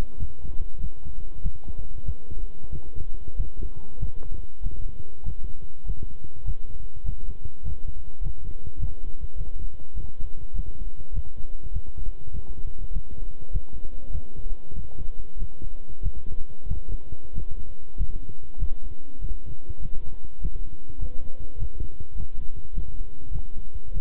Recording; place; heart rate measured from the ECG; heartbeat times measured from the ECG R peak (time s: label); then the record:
heart sounds by stethoscope; between the tricuspid and mitral areas; 99 bpm
0.17 s: heartbeat
0.79 s: heartbeat
1.41 s: heartbeat
2.04 s: heartbeat
2.70 s: heartbeat
3.35 s: heartbeat
3.98 s: heartbeat
4.61 s: heartbeat
5.23 s: heartbeat
5.84 s: heartbeat
6.44 s: heartbeat
7.04 s: heartbeat
7.63 s: heartbeat
8.21 s: heartbeat
8.78 s: heartbeat
9.36 s: heartbeat
9.94 s: heartbeat
10.53 s: heartbeat
11.12 s: heartbeat
11.71 s: heartbeat
12.31 s: heartbeat
12.91 s: heartbeat
13.50 s: heartbeat
14.10 s: heartbeat
14.73 s: heartbeat
15.37 s: heartbeat
16.01 s: heartbeat
16.66 s: heartbeat
17.33 s: heartbeat
17.96 s: heartbeat
18.58 s: heartbeat
19.19 s: heartbeat
19.80 s: heartbeat
20.39 s: heartbeat
20.98 s: heartbeat
21.57 s: heartbeat
22.15 s: heartbeat
22.73 s: heartbeat
23.31 s: heartbeat
23.91 s: heartbeat
From the record:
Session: walking at 3.7 km/h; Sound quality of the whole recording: good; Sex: male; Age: 26 years